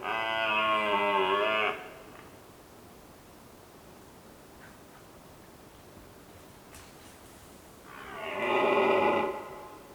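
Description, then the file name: Red deer roaring: two loud harmonic bellows several seconds apart. Hill Volovec, Slovakia. "Cervus Elaphus Slovakia hill Volovec"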